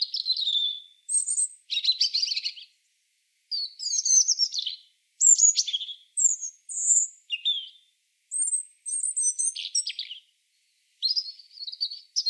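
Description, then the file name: European robin song: high, thin warbling phrases mixing sweet whistles with rapid trills and glissandos, separated by short pauses. "Erithacus rubecula"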